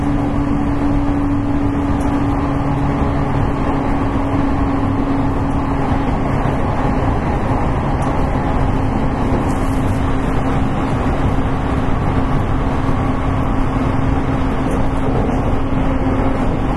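Running sound inside a Class 813 electric train on a Kagoshima Line rapid service. A steady, dense low rumble continues throughout with a constant hum tone, unchanging in loudness. Faint brief clicks or squeaks show up near two, eight, ten and fifteen seconds.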